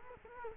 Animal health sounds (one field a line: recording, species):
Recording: mosquito wingbeat signal from an infrared sensor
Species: Culex quinquefasciatus